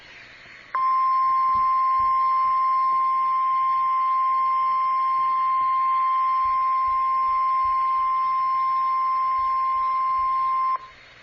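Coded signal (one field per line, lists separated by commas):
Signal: Emergency Alert System (SAME) tones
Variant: 1050 Hz attention tone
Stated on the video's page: Severe thunderstorm and tornado warnings from a NOAA Weather Radio station.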